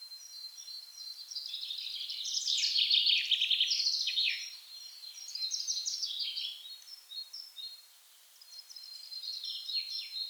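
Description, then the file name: Common chaffinch song, a loud high trilled phrase falling to a flourish, followed by softer repeated phrases and a brief lull, a steady high whistle underneath. "Fringilla coelebs"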